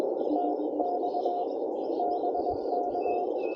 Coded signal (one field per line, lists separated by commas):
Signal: Morse code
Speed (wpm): 21 wpm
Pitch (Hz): 710 Hz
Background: none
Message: TX BK